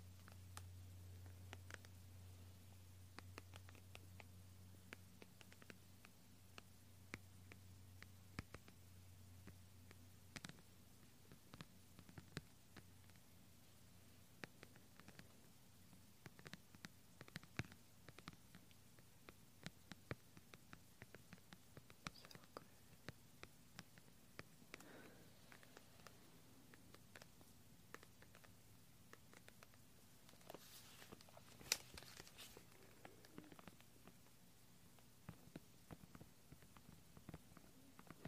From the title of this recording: Assorted Gentle Sounds .. Silent . Clicky . Sticky . Soapy